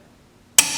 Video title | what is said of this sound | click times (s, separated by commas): 911SC Track Car Build - Episode 2: Engine Rebuild Preparation | community there you go we clicked we'll do it again | 0.6 s